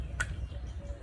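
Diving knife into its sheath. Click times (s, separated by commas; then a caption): 0.2 s. A diving knife is pushed back into its sheath and locks in place. A single sharp click at 0.2 s stands out over a low background hum. The knife is seated and locked in the sheath.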